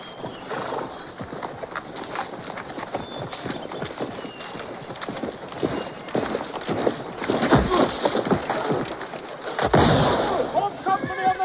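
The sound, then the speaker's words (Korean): Steady clip-clop of horse hooves and the shuffle of many marching feet as British soldiers march on with their horses, with muffled voices and a brief whinny mixed into a busy, continuous outdoor din. “계속 행군하는 영국군.”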